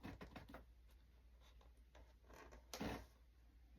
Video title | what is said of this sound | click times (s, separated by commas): Xfly B1-B Lancer - Part 4 - Initial Assembly | connection heard that snap good | 2.7 s